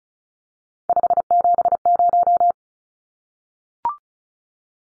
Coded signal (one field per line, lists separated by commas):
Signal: Morse code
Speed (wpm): 34 wpm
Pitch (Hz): 700 Hz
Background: none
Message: 570